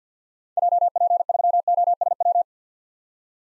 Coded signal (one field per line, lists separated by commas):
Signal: Morse code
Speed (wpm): 50 wpm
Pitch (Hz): 700 Hz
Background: none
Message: JP3OSW